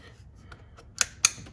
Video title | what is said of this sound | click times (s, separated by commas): SHELBY GT350 MODS... ARE THESE NON-NEGOTIABLE?? | there's the click | 1.2 s